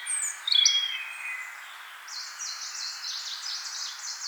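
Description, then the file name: European robin song: a sharp, high squeaky phrase, then a rapid series of thin, slightly falling notes repeated evenly to the end. "Erithacus rubecula"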